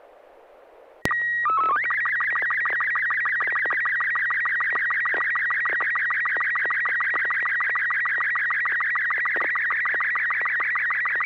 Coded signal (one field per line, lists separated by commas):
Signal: SSTV (slow-scan television)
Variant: Robot 36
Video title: N6NA SSTV Net - 07/24/2024